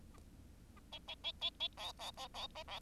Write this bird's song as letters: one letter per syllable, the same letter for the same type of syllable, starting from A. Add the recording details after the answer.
A B B B B B C C C C A C. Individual Bird10